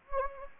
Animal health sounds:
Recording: mosquito wingbeat signal from an infrared sensor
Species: Anopheles gambiae

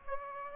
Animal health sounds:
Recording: mosquito wingbeat signal from an infrared sensor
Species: Aedes aegypti

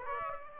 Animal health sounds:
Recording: mosquito wingbeat signal from an infrared sensor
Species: Aedes aegypti

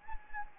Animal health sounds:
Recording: mosquito wingbeat signal from an infrared sensor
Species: Anopheles gambiae

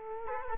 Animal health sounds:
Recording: mosquito wingbeat signal from an infrared sensor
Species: Culex quinquefasciatus

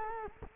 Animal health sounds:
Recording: mosquito wingbeat signal from an infrared sensor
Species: Culex quinquefasciatus

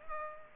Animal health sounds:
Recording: mosquito wingbeat signal from an infrared sensor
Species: Culex pipiens

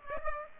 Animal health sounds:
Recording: mosquito wingbeat signal from an infrared sensor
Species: Aedes aegypti

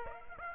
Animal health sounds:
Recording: mosquito wingbeat signal from an infrared sensor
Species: Aedes aegypti

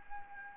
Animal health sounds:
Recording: mosquito wingbeat signal from an infrared sensor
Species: Anopheles gambiae

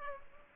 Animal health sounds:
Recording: mosquito wingbeat signal from an infrared sensor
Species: Culex pipiens

